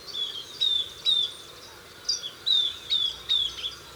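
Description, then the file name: Southern beardless tyrannulet: a run of high, thin downslurred whistles delivered a few per second, with light background hiss. "Camptostoma obsoletum - Southern Beardless Tyrannulet"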